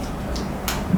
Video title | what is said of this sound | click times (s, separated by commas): 森谷博士直伝 MyMed EMS の使い方 | It's fully seated. | 0.7 s